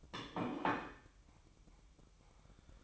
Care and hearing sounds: daily activity, microphone in the room; place plate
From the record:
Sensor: 1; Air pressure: 1007.5 hPa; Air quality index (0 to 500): 75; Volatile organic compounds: 1 ppm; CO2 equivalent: 660 ppm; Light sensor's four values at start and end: 7/18/7/8 and 7/18/7/8

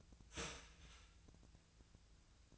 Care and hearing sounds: daily activity, microphone in the room; start toaster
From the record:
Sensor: 2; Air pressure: 1009.2 hPa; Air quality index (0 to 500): 186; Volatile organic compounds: 11 ppm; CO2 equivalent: 2305 ppm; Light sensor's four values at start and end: 23/58/24/27 and 23/58/24/27

